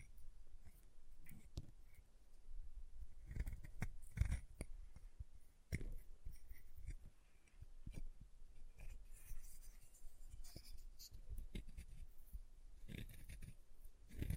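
Chalk is being carved and cut in short, uneven scraping strokes, with sharp low knocks and taps scattered throughout, heaviest around four and six seconds. Between strokes a quiet, steady hiss remains, and brighter scratchy passages come and go, especially near ten and thirteen seconds.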